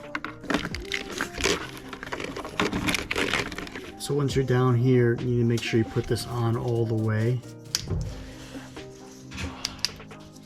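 During a wiring job for a 6.4 V8 engine swap in a Jeep JKU, a wiring harness connector is handled near its mating socket in the engine bay with sharp plastic taps and rustling while someone talks over background music. Nothing has seated or clicked yet; the clip ends just before the connector is pushed all the way home.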